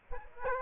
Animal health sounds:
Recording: mosquito wingbeat signal from an infrared sensor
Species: Aedes aegypti

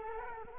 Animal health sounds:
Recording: mosquito wingbeat signal from an infrared sensor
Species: Culex quinquefasciatus

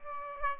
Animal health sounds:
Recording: mosquito wingbeat signal from an infrared sensor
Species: Aedes aegypti

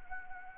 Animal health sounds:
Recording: mosquito wingbeat signal from an infrared sensor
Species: Anopheles gambiae

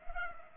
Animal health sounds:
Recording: mosquito wingbeat signal from an infrared sensor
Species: Culex pipiens

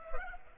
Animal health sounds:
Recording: mosquito wingbeat signal from an infrared sensor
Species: Culex pipiens

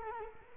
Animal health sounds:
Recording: mosquito wingbeat signal from an infrared sensor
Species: Culex quinquefasciatus

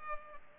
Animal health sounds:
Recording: mosquito wingbeat signal from an infrared sensor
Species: Culex pipiens

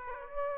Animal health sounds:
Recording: mosquito wingbeat signal from an infrared sensor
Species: Aedes aegypti

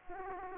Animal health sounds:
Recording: mosquito wingbeat signal from an infrared sensor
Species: Aedes aegypti

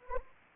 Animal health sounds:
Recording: mosquito wingbeat signal from an infrared sensor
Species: Anopheles arabiensis

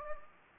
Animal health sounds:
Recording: mosquito wingbeat signal from an infrared sensor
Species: Anopheles gambiae

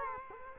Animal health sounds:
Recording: mosquito wingbeat signal from an infrared sensor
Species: Culex quinquefasciatus

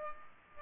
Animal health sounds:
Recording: mosquito wingbeat signal from an infrared sensor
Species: Culex pipiens

